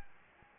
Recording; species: mosquito wingbeat signal from an infrared sensor; Anopheles gambiae